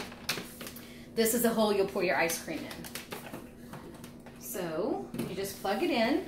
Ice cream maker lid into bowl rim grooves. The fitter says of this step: has a little ball thing just slide it in there and then it locks in place